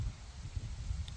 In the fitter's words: easy to load snaps right in very nicely